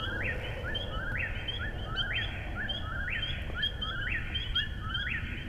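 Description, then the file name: Eastern whip-poor-will giving repeated whistled phrases, each sharply rising then falling, about one per second, over low droning background noise. Recorded at Finzel, Maryland, on 10 June 2011. "Whip-poor-will calls Finzel MD 20110610"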